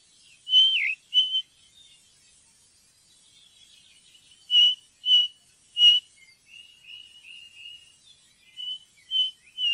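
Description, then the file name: Ring ouzel song: loud, clear whistled notes in short groups of two or three, repeated with pauses, plus faint softer warbling after the phrases. "ringtrost"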